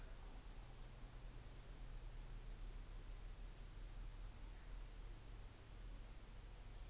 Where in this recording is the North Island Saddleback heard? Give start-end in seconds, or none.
none